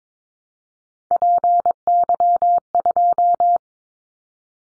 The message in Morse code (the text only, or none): PY2